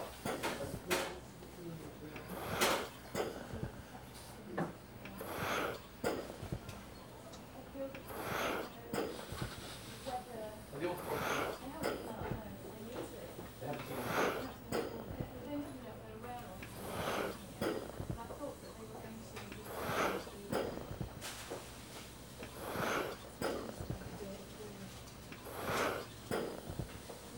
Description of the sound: Hospitals. Ventilator at machine end.